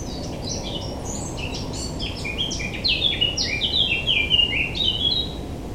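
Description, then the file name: Eurasian blackcap singing: soft, rapid high twittering that builds into a bright, louder series of fluty falling whistles, with steady background hiss throughout. "Sylvia atricapilla"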